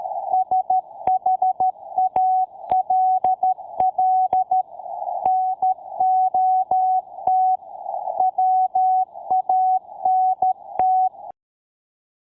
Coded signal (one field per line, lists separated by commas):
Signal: Morse code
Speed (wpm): 13 wpm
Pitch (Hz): 750 Hz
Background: none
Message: SHALL NOT WANT